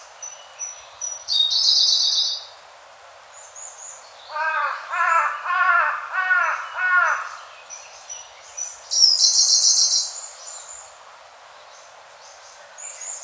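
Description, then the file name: Siberian blue robin, two high rattling trills, with a run of about six harsh crow caws between them and faint thin chirps in the background. "koruri"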